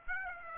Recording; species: mosquito wingbeat signal from an infrared sensor; Aedes aegypti